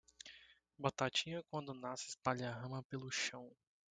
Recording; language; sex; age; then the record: short text; Brazilian Portuguese; male; 20 to 29 years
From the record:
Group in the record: control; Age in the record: 23 years